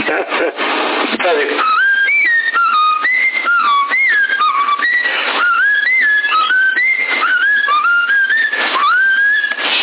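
A pet bird whistles a TV theme tune, a bright melody of short, stepped notes rising and falling in a steady rhythm, following a brief burst of noisy sound at the start.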